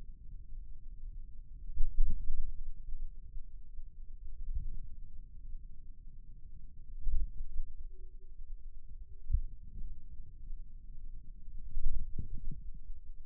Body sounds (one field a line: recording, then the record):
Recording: forearm muscle sounds (acoustic myography)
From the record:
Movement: finger pinch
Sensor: system 2, bracelet of six BSWA MPA416 microphones around the upper forearm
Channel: 4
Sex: male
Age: 22 years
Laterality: right